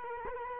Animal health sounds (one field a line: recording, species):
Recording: mosquito wingbeat signal from an infrared sensor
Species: Culex quinquefasciatus